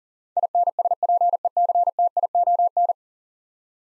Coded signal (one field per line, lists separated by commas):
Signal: Morse code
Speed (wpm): 40 wpm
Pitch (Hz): 700 Hz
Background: none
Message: INSPECTION